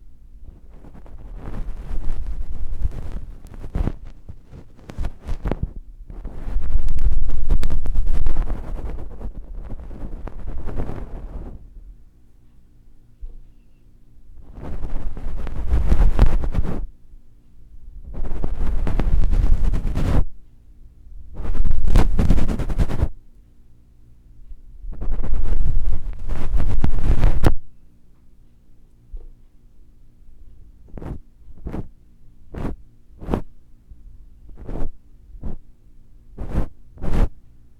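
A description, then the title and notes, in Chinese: Ear cleaning with different tools: rough, rustling scrapes come in dense bursts of a few seconds each, heavy in the low end, through most of the first 28 seconds. After that, sharp isolated clicks tap out about once a second over a faint steady hum. 嘗試用不同工具掏耳朵。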